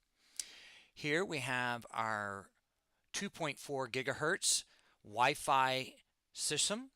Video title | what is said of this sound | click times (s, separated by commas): Hinkspix PRO CPU V2 & V3 CPU Board Overview Demo | And then to insert it, simply slide it in, push it in, let go, and it will lock into place. | 0.4 s